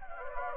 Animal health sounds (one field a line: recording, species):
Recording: mosquito wingbeat signal from an infrared sensor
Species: Anopheles gambiae